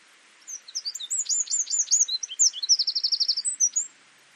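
Eurasian wren song, a loud rapid stream of high chips and sweeping notes, broken by a fast even trill near the end, about three and a half seconds long.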